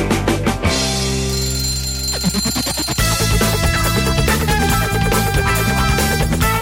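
A brief burst of rapid alarm-clock ringing opens a radio station's wake-up jingle, then gives way to a loud, bright musical jingle with sustained chords and steady beats, with no voices.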